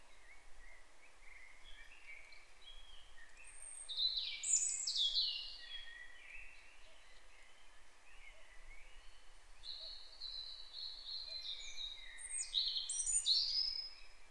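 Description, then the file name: European robin singing high, tinkling, varied phrases with quick twitters and thin sliding notes, separated by short gaps, against a steady background hiss. "Erithacus rubecula"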